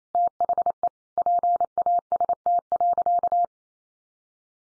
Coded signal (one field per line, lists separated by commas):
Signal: Morse code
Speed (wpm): 28 wpm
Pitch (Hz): 700 Hz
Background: none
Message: THE PAST.